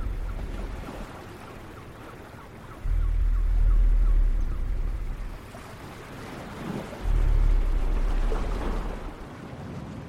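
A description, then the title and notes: Ocean waves wash in a steady low rumble, with two heavier surges swelling around three and seven seconds before easing back. Dragon's island ASMR ambience.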